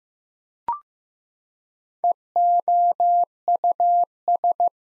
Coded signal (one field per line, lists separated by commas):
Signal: Morse code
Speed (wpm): 15 wpm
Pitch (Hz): 700 Hz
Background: none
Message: EOUS